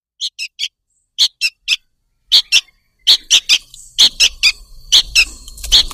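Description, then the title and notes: Sharp, high bird chirps arrive in groups of two or three, spaced irregularly, while a low rumbling noise builds underneath toward the end. Lure sound from a bird-luring compilation, meant for stubborn birds that are hard to approach. "Suara Burung Bandel Yang Susah Mendekati. Kompilasi Suara Pikat Burung"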